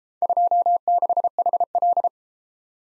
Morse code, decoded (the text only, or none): 26HL